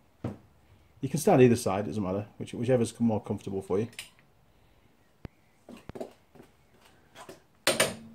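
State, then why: Torque reached. Someone talks while a click-type torque wrench is pulled on a front wheel nut of a Mitsubishi RVR, with a few faint ticks and knocks at about 5.3, 5.9 and 6.0 seconds. The wrench gives a sharp, loud click at 7.7 seconds as it reaches its set torque, confirming the nut is done.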